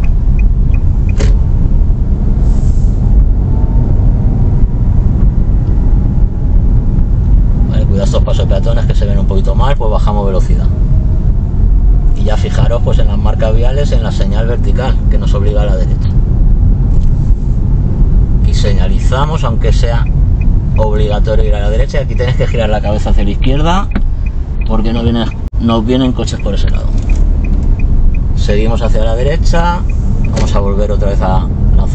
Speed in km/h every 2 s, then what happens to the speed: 15, 22, 27, 29, 27, 21, 21, 26, 26, 27, 25, 18, 10, 7, 12, 16.
0-6 speeds up to 29. 6-10 slows to 21. 10-20 steady at about 25. 20-25 brakes to 7. 25-32 speeds up to 16.